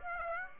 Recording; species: mosquito wingbeat signal from an infrared sensor; Aedes aegypti